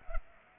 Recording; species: mosquito wingbeat signal from an infrared sensor; Culex pipiens